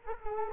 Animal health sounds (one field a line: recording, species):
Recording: mosquito wingbeat signal from an infrared sensor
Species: Culex quinquefasciatus